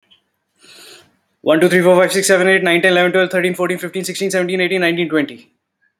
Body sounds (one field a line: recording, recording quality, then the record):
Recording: counting at a fast pace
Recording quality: excellent, no background noise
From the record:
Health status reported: healthy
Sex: male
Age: 36 years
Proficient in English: yes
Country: India